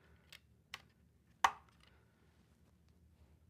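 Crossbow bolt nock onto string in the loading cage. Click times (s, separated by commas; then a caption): 1.4 s. A bolt is loaded into a Ravin R10 crossbow with its white odd vane down and pushed through the loading cage. After a few faint taps near 0.3 s and 0.7 s, the nock snaps onto the string with one sharp, loud click at 1.5 s, and the bolt is seated.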